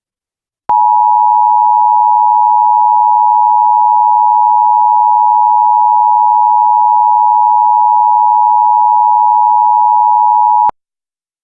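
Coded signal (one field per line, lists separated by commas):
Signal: Emergency Alert System (SAME) tones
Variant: 853 and 960 Hz attention tone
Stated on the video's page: Fictional EAS scenario about SCP creatures in Milwaukee, made with Movie Maker; simulated alert tones.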